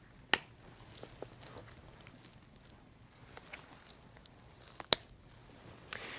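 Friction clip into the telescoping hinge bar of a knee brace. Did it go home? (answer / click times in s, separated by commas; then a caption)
yes / 0.3 s, 4.9 s. After the hinge bar length is adjusted, the plastic friction clips on the telescoping hinge bars of a Breg T-Scope post-operative knee brace are pushed all the way down to lock. Two loud, sharp clicks at 0.3 s and 4.9 s mark the clips locking into place, with a few faint taps and handling sounds in between. Both clips are seated and locked.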